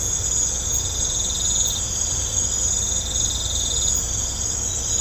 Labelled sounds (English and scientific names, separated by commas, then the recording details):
none
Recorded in pastures near Puerto Asís, Putumayo, Colombia, on 16 December 2024 at 22:00
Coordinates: 0.502, -76.324
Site G077